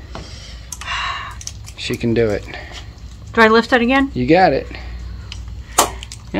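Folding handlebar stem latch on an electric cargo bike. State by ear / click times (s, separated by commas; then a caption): seated / 5.8 s. The folded handlebar stem of a HAOQI Camel cargo fat-tire electric bike is raised, and its folding lock lever is pushed shut while people talk. A sharp click at 5.8 s marks the stem latch seating into place easily.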